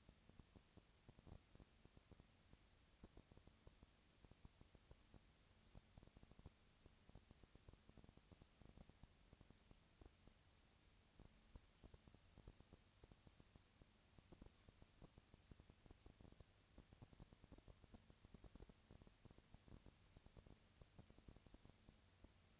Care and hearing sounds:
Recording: daily activity, microphone in the room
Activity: no activity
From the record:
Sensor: 2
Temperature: 20.1 degrees Celsius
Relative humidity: 35.5%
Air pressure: 997.0 hPa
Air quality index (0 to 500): 198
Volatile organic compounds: 30 ppm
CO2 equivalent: 2963 ppm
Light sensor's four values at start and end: 2/3/2/2 and 2/3/2/2

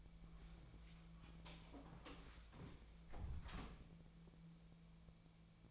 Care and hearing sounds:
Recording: daily activity, microphone in the room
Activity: close door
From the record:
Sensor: 1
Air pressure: 1000.5 hPa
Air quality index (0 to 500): 186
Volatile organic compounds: 5 ppm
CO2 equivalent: 1715 ppm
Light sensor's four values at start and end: 12/28/11/13 and 11/27/11/13

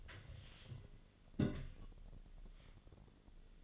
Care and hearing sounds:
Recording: daily activity, microphone in the room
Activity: take from stove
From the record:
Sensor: 4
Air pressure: 1010.8 hPa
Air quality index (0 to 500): 170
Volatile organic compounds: 5 ppm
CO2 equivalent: 1726 ppm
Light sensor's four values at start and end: 40/113/45/46 and 39/111/44/45

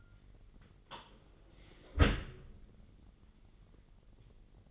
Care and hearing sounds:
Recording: daily activity, microphone in the room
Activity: close dishwasher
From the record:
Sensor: 4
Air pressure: 999.1 hPa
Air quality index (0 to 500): 122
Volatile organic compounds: 2 ppm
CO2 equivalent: 1204 ppm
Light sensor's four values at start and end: 7/18/7/7 and 7/18/7/8

